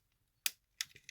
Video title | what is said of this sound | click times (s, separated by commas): Transformers review: 21 Legacy Trashmaster | push them in until they click this side seems not want to go in there we go | 0.5 s, 0.8 s